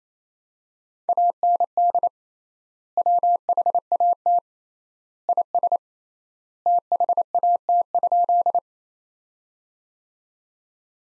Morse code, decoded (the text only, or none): AND WHAT IS THAT?